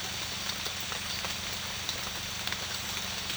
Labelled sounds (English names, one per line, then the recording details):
none
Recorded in secondary vegetation near Puerto Asís, Putumayo, Colombia, on 30 June 2025 at 16:30
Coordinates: 0.498, -76.327
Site GP09